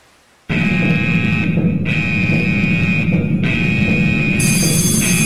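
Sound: spoiler alarm sound effect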